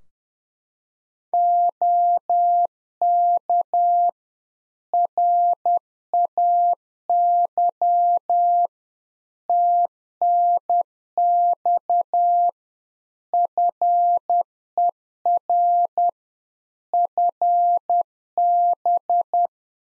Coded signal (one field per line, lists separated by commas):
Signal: Morse code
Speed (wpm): 10 wpm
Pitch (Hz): 700 Hz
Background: none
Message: OK RAY TNX FER FB